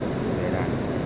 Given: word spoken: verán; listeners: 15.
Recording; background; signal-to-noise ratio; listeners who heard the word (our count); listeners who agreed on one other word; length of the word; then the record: one Spanish word in noise, from a listening test; speech-shaped noise; -6.8 dB; 0 of 15; 9 of 15; 0.66 s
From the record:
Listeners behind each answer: 9, 1, 1, 1, 1, 1, 1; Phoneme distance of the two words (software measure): 7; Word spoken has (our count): 2 syllables, 5 phonemes, stress on syllable 2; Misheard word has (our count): 3 syllables, 6 phonemes, stress on syllable 2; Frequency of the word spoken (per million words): 9.80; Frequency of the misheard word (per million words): 84.53